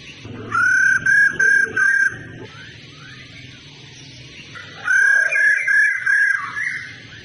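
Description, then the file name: Laughingthrush calling in two whistled phrases of level notes, separated by a quieter stretch of faint rising chirps. Female laughingthrush sound (khướu mái rô) used to stimulate male birds to sing. "Tieng khuou mai ro kich trong hot"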